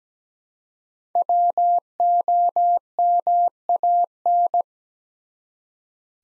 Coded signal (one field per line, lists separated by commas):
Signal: Morse code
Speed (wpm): 17 wpm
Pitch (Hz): 700 Hz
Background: none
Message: WOMAN